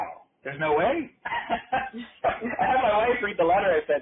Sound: he laughs